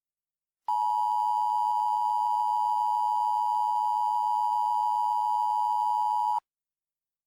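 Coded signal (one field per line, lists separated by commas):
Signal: Emergency Alert System (SAME) tones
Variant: 853 and 960 Hz attention tone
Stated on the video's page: Mock EAS alert made with Creative Commons 0 sounds.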